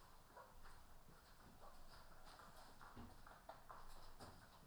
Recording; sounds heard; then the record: poultry house recording; healthy chickens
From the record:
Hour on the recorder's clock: 14